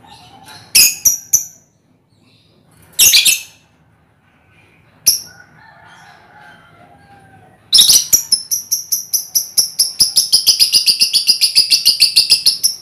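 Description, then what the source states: Lovebird chattering song: a few sharp high squeaks with gaps, then a sustained rapid series of shrill chirping notes lasting about five seconds. Lovebird ngekek song, used as a lure song (kicau pancingan).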